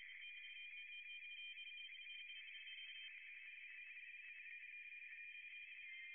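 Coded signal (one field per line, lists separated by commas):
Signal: RTTY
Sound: rapid warbling two-tone chatter over steady hiss, continuous for six seconds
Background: radio static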